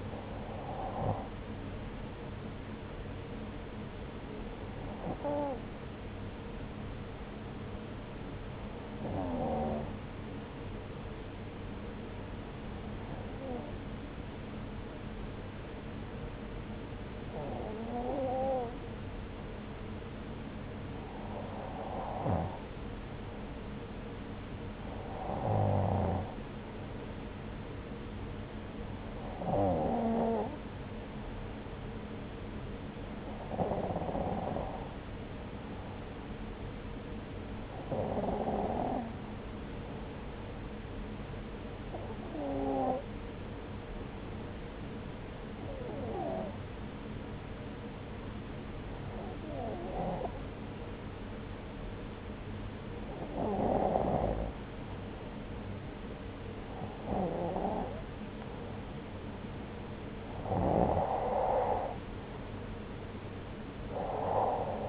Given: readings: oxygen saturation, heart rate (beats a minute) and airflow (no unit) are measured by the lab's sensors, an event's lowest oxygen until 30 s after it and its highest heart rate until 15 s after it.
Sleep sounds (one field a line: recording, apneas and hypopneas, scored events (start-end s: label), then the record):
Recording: breathing in sleep by a voice recorder at the bedside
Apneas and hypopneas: 1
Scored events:
7.00-57.70 s: hypopnea (N1, oxygen 95% highest, then 92% lowest, heart rate 67 at the start, 71 highest)
7.00-64.89 s: new sleep stage, N2 (light sleep)
From the record:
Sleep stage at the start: N1 (lightest sleep)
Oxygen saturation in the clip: 92 to 95%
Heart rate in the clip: 64 to 70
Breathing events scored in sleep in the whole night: 303 in 8.1 hours asleep